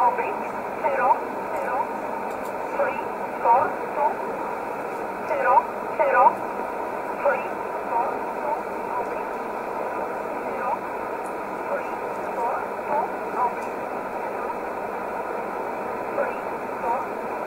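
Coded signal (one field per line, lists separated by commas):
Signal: numbers station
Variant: E11 Oblique, English voice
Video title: 24 06 2020 E11 Oblique Numbers station in English 0746 on 15720 unknown tx site in USB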